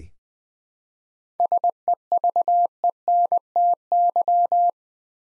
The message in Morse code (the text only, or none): SEVENTY